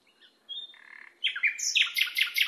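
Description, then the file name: Nightingale song phrase: a thin whistle and a buzzy note, then a rapid burst of rich, chattering notes climbing high. Masteran: a training recording played to cage birds so they learn the song. "suara masteran nightingale"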